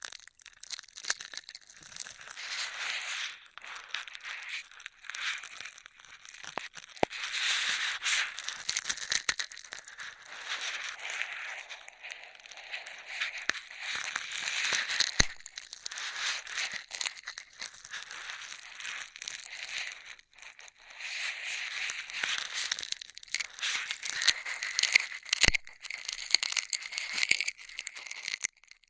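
Straws rustle and crinkle in dense, crackly bursts through the clip, mostly bright and hissy, with sharp clicks near 7, 15 and 25 seconds.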